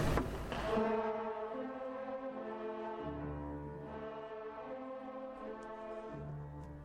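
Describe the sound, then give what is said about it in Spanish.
The orchestra of Barrio Suárez plays a slow instrumental passage, recorded live, of sustained, layered chords over low bass notes that shift every few seconds, steady and fairly loud throughout, with no voices. “Muy bien, ahí de fondo estamos escuchando otro de los temas que pudimos tomar de aire.”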